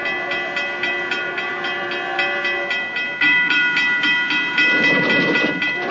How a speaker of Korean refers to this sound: 열차가 들어서는 플랫폼. 통근 열차를 기다리는 출근길의 수많은 승객들 속에 반질반질하게 생긴 검은 양복 차림의 두 사나이가 끼어 있습니다.